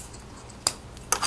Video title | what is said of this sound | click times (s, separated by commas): Transformers Seacons Big Bad Toy store Exclusif | Vous entendez un bon clic. Donc c'est solide là. | 0.7 s, 1.1 s